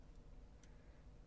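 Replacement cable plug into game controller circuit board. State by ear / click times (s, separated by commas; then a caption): seated / 0.6 s. A replacement cable's plug and wires are pushed into their holes on the circuit board of an old Xbox controller. Over a steady low background rumble, a short, crisp click sounds at 0.6 s. The cable plug is seated in place.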